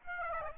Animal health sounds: mosquito wingbeat signal from an infrared sensor; Aedes aegypti

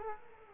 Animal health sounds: mosquito wingbeat signal from an infrared sensor; Culex quinquefasciatus

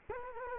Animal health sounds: mosquito wingbeat signal from an infrared sensor; Culex quinquefasciatus

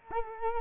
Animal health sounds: mosquito wingbeat signal from an infrared sensor; Culex quinquefasciatus

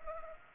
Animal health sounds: mosquito wingbeat signal from an infrared sensor; Culex pipiens

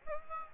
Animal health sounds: mosquito wingbeat signal from an infrared sensor; Aedes aegypti

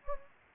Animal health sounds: mosquito wingbeat signal from an infrared sensor; Anopheles gambiae

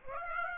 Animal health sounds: mosquito wingbeat signal from an infrared sensor; Aedes aegypti

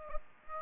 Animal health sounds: mosquito wingbeat signal from an infrared sensor; Aedes aegypti

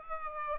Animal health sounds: mosquito wingbeat signal from an infrared sensor; Aedes albopictus

